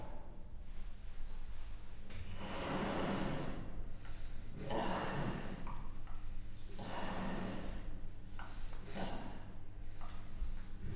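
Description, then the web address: Persian leopard making breathy, snorting exhalations, four rasping bursts spaced a couple of seconds apart over a constant low drone. Captive animal in a zoo in Miskolc, recorded in 2018 while a grille was being opened. "2018 perzsa leopard racsozatkinyitasa"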